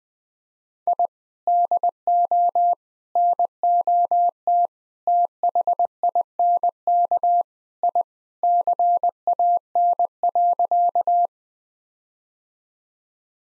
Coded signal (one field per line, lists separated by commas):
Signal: Morse code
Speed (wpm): 20 wpm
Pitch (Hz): 700 Hz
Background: none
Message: I DO NOT THINK I CAN.